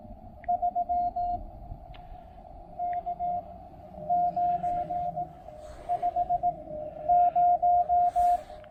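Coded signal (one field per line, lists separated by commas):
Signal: Morse code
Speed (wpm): 18 wpm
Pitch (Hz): 710 Hz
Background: none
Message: 3 K950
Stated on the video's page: Rapid activation with a Discovery TX-500 transceiver, Elecraft T1 tuner and CHA MPAS Lite antenna.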